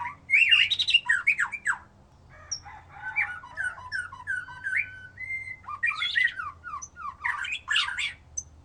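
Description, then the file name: White-rumped shama song with loud scratchy phrases, a softer middle of whistles and a held clear note, then another harsh burst. "murai batu"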